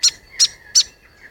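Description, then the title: Grey Fantail giving three sharp, high chipping notes about a third of a second apart, with a thin, faint whistle running beneath them. "Glenn Albrecht and the Gray Fantail"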